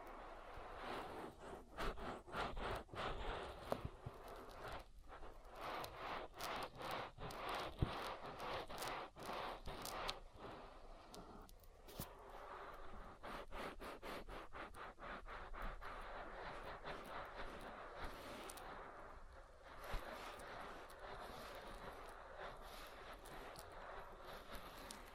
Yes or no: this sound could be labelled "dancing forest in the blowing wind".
no